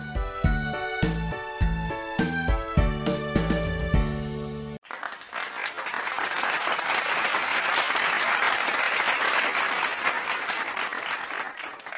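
A bright, chiming melodic tune with a steady beat plays briefly, then cuts off as loud, sustained audience applause after a performance takes over, a dense wash of clapping that stays strong to the end.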